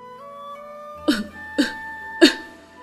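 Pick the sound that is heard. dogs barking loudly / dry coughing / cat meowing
dry coughing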